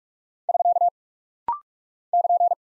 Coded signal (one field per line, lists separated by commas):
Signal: Morse code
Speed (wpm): 46 wpm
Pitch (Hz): 700 Hz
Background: none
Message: <SK> <KN>